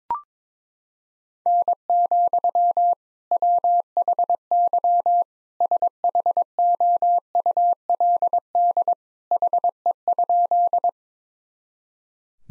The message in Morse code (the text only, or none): N, WHY SHOULD HE?